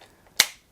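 A metal blade adapter with its attached pin is pushed onto the head of a Starlock oscillating multi-tool, in place of the original Makita pin. It locks in with a single sharp snap at 0.4 s and is then seated good and solid.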